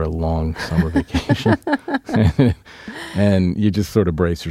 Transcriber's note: soundbite of laughter